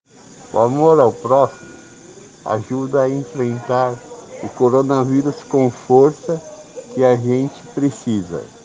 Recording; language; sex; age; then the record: spoken sentence; Brazilian Portuguese; male; 50 to 59 years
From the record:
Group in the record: respiratory insufficiency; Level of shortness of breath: 5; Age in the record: 55 years